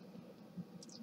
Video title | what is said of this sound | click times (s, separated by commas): Brother TN-2335/ 2375 флажок сброса картриджа новой модификации от CACTUS | Нажимаем и проворачиваем до щелчка. | 0.8 s